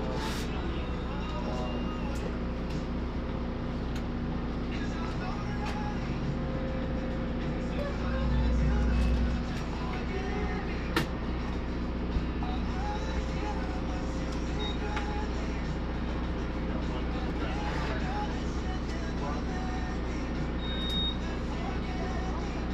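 Inside a mobile blood donation bus, a steady low engine-like hum runs throughout beneath faint radio talk. Scattered small clicks and knocks come and go, a louder low rumble swells around eight to nine seconds, and a short high beep sounds near twenty-one seconds.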